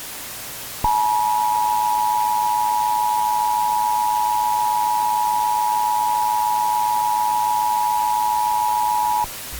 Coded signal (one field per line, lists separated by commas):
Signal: Emergency Alert System (SAME) tones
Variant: 853 and 960 Hz attention tone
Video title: EAS Scenario: Harvey part 2